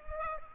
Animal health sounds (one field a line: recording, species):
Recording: mosquito wingbeat signal from an infrared sensor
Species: Culex pipiens